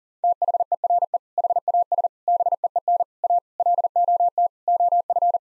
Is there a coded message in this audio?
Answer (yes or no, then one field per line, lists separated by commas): yes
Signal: Morse code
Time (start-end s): 0.2-5.4 s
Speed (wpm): 39 wpm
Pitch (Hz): 700 Hz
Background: none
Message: THERE HAS BEEN A LOT OF